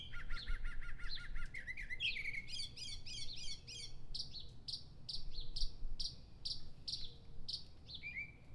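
Northern mockingbird song: rapid runs of identical notes, then buzzy rattles and harsh repeated phrases, the singer switching note type every few seconds.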